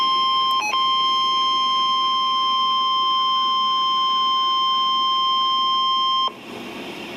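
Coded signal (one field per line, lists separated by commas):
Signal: Emergency Alert System (SAME) tones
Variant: 1050 Hz attention tone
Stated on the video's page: Special Marine Warning from NOAA Weather Radio station KEC60 Milwaukee, Wisconsin.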